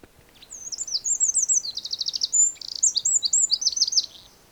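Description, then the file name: Eurasian wren singing: a very high, rapid, tinkling outpouring of trills and sharp twittering notes lasting about four seconds over faint background hiss. "Troglodytes troglodytes"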